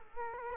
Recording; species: mosquito wingbeat signal from an infrared sensor; Culex quinquefasciatus